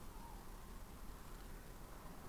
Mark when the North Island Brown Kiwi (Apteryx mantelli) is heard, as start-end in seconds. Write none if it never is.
none